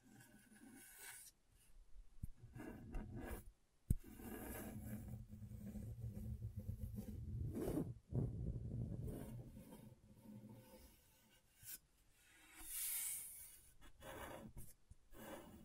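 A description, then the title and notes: Scratchboard being worked: a rough, rasping scrape that rubs on and off in uneven strokes, heavier and low between about four and eight seconds. Sharp clicks punctuate it near four and eight seconds, and a brief hissing sweep rises around thirteen seconds. ASMR Brain Tingling Scratchboard (No Talking).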